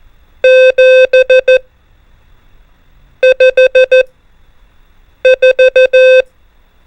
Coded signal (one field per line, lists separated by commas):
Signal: Morse code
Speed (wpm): 14 wpm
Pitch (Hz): 520 Hz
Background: none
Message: 7 5 4